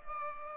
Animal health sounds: mosquito wingbeat signal from an infrared sensor; Culex pipiens

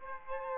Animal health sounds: mosquito wingbeat signal from an infrared sensor; Aedes aegypti

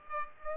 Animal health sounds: mosquito wingbeat signal from an infrared sensor; Aedes aegypti

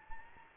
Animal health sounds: mosquito wingbeat signal from an infrared sensor; Anopheles gambiae

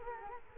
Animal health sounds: mosquito wingbeat signal from an infrared sensor; Culex quinquefasciatus

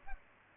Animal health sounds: mosquito wingbeat signal from an infrared sensor; Culex pipiens

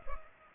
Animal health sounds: mosquito wingbeat signal from an infrared sensor; Culex pipiens

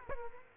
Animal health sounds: mosquito wingbeat signal from an infrared sensor; Aedes aegypti

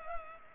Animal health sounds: mosquito wingbeat signal from an infrared sensor; Culex pipiens

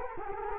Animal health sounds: mosquito wingbeat signal from an infrared sensor; Culex quinquefasciatus

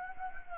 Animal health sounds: mosquito wingbeat signal from an infrared sensor; Anopheles gambiae

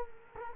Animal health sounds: mosquito wingbeat signal from an infrared sensor; Culex quinquefasciatus

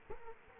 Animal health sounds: mosquito wingbeat signal from an infrared sensor; Culex quinquefasciatus

